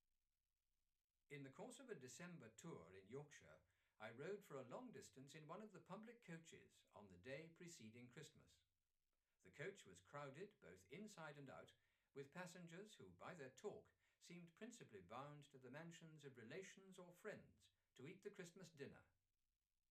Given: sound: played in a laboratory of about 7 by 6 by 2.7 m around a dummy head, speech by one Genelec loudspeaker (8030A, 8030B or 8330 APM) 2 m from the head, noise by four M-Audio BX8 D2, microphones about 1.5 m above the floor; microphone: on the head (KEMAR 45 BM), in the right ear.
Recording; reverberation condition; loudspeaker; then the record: male speech in English; low; 120 degrees to the right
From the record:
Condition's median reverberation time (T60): about 310 ms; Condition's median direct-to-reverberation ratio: about 3.5 dB